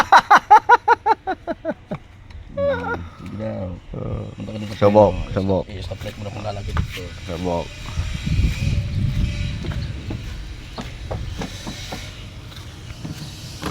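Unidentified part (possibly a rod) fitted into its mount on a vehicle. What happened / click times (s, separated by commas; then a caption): The part is being handled and has not clicked into place yet / none. An unidentified part, possibly a rod, is handled as it is fitted into its mount on a vehicle, with a few brief knocks while someone talks. Nothing has seated or clicked yet.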